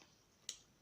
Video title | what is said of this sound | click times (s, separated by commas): My Top 5 Most Used SLGs 👛💳 | the two snaps are their top and bottom so they've just easily click into place | 0.5 s